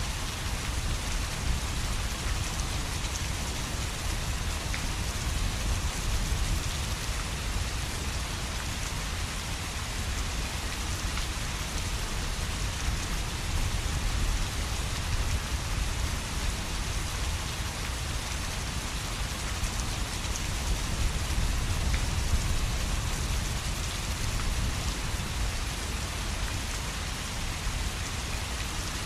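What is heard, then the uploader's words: Steady rain falls for the whole stretch, a dense, even hiss of countless drops striking surfaces. A low, rumbling wind sits underneath, pushing and rolling without ever dropping away. Neither rain nor wind builds or fades noticeably. Wind and Rain Relaxation - Natural Sleep Sounds.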